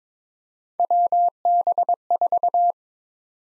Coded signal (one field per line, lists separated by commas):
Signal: Morse code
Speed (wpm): 22 wpm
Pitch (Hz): 700 Hz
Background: none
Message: WB4